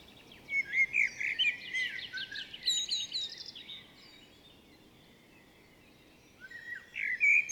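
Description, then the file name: Common blackbird with a mellow fluting phrase trailing into thin high squeaks, a long pause, then another warbled phrase begins. "Turdus merula"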